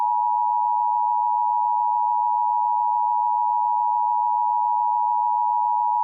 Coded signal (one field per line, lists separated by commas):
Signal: Emergency Alert System (SAME) tones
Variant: 853 and 960 Hz attention tone